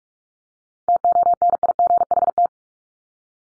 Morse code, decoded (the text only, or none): TONIGHT